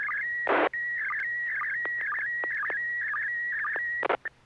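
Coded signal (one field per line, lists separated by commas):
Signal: SSTV (slow-scan television)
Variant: PD 120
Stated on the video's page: SSTV net on an FM repeater on 441.300 MHz, images sent with MMSSTV software.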